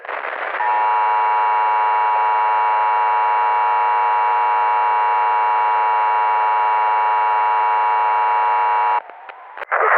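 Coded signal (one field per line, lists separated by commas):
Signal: Emergency Alert System (SAME) tones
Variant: 853 and 960 Hz attention tone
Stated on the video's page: Mock EAS scenario.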